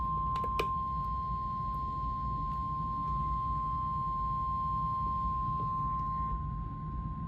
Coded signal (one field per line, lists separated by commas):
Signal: Emergency Alert System (SAME) tones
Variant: 1050 Hz attention tone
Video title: (EAS #2,989 - #3,008) WE FINALLY GOT SOME THINGS - EAS Alerts from 8/18/26 - 8/19/26